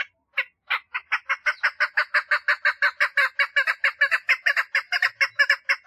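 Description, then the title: Partridge delivering a long, fast sequence of harsh chuck notes, loud and steady after a brief opening note. "Perdiz Cantando"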